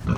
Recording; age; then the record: pig call; growing-finishing pig (85 days or more)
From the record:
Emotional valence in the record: positive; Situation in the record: run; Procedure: transit